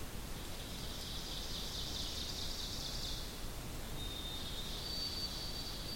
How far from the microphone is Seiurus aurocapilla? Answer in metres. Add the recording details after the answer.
about 75 m. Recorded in boreal forest in Alberta, Canada, on 2 June 2016 at 06:27. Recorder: SongMeter 3, array SBT-3-7. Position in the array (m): 197 m, 96 m. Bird 6